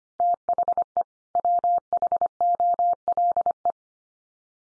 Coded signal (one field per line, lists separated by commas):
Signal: Morse code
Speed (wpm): 25 wpm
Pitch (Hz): 700 Hz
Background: none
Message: THE WHOLE